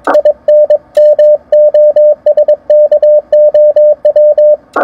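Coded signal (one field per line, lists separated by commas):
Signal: Morse code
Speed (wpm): 22 wpm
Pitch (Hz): 600 Hz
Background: radio noise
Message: IN MOSKOW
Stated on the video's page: CW DX operating.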